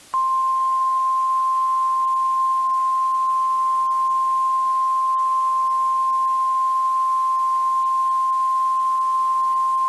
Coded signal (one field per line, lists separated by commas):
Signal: Emergency Alert System (SAME) tones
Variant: 1050 Hz attention tone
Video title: GSMK EAS Scenario: The Horror 2011. Year of the End. (New Year Special!)